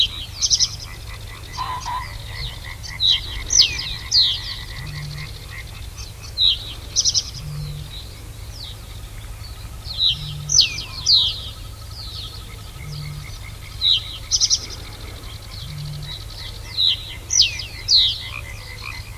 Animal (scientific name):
Emberiza schoeniclus